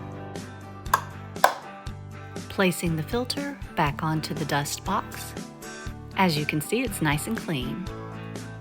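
The cleaned filter of an iMartine robot vacuum is handled and placed back onto its plastic dust box, with sharp handling knocks near 0.9 s and 1.4 s while someone talks over background music. The filter has not snapped into place yet; nothing has seated or clicked.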